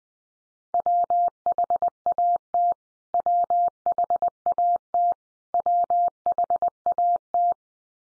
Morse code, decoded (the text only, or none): WHAT WHAT WHAT